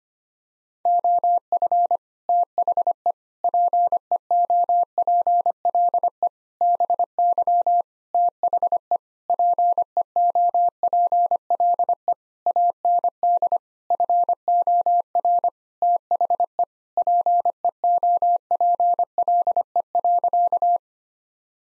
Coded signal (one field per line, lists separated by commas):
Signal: Morse code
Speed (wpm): 25 wpm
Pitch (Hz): 700 Hz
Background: none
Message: OF THE PEOPLE BY THE PEOPLE AND FOR THE PEOPLE.